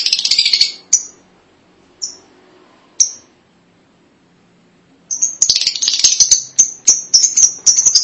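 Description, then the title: Lovebird calls, a short chattering burst, spaced single sharp chirps, then a long stretch of rapid high chirping and chatter. "BM Suara Burung Lovebird"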